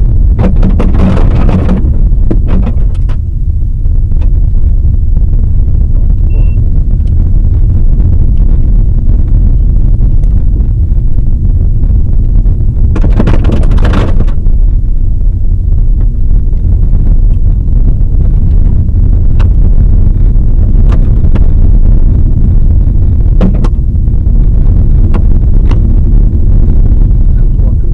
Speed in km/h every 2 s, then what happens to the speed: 41, 33, 38, 38, 42, 43, 42, 35, 41, 48, 45, 47, 49, 47.
2-9 speeds up to 43. 9-15 slows to 35. 15-18 speeds up to 48. 18-28 steady at about 47.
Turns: none.